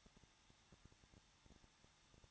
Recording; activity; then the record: daily activity, microphone in the room; no activity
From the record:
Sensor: 3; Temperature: 21.2 degrees Celsius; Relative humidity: 36.4%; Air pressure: 1006.3 hPa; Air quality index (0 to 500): 223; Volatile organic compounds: 42 ppm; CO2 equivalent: 3184 ppm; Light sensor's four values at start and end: 2/3/2/2 and 2/3/2/2